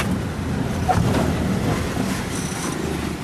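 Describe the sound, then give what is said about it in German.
A car rumbles steadily along a red clay gravel road full of potholes in Uganda, at times only at walking pace, a continuous low-pitched engine and road noise with irregular jolts and rattles throughout, fairly loud and without any talking. “Das Verstauen der Esssachen gestaltet sich schwierig, denn der Wagen rumpelt heftig durch die unzähligen Schlaglöcher.”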